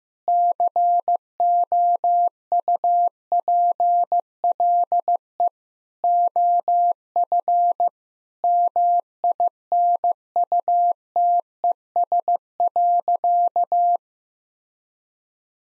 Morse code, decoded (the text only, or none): COUPLE OF MINUTES.